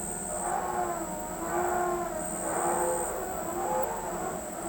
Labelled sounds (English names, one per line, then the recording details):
none
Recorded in pastures near Pivijay, Magdalena, Colombia, on 15 April 2023 at 01:30
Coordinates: 10.456, -74.369
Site P6-G026